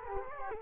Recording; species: mosquito wingbeat signal from an infrared sensor; Culex quinquefasciatus